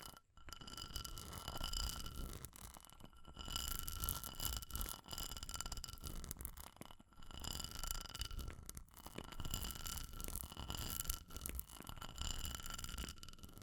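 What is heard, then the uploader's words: Fire crackling in a dense, continuous bed of small snaps and hiss over a rumbling low end, with faint steady high tones running throughout. The sound briefly drops out in short gaps near three, seven and eleven seconds before resuming. Fire Crackling, Tapping, Scratching.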